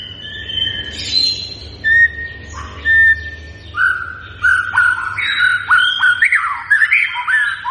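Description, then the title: White-rumped shama: songbird giving a few drawn-out level whistles, then breaking into quicker rising and falling whistled notes. Continuously singing (gacor) bird, used as a lure to draw a response from other shamas; local name murai batu. "PANCINGAN MURAI BATU GACOR, LANGSUNG RESPON"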